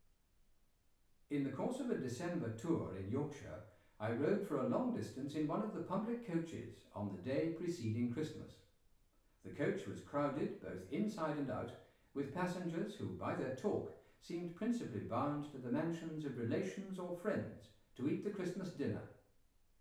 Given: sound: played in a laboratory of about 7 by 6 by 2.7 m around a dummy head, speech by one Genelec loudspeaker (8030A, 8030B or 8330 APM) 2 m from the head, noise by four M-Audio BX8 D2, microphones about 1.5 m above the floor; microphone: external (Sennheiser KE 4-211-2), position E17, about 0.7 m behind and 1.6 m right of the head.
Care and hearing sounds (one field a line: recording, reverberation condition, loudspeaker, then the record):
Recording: male speech in English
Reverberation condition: medium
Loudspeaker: behind (180 degrees)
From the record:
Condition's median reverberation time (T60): about 510 ms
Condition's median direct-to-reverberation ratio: about -0.5 dB